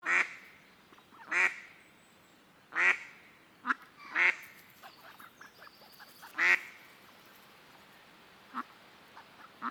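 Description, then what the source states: Duck calls: loud rasping quacks at irregular intervals, mixed with short, softer clucks and quieter notes toward the end. On a lake.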